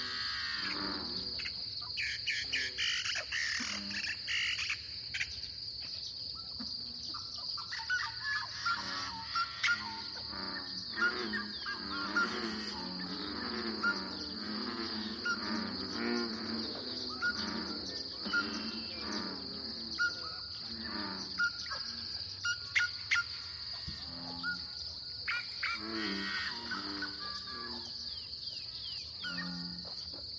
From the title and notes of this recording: This lively dawn chorus was recorded in a small pothole coulee in Eastern Washington, one of the numerous Seep Lakes of the Channeled Scablands. This is the Columbia Plateau, a large basalt flow cut through by the Columbia River. This is a true Dawn chorus.